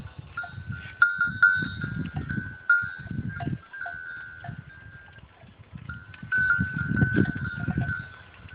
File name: goats